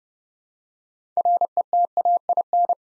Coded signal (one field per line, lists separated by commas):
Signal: Morse code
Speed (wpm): 29 wpm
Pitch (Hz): 700 Hz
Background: none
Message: RETAIN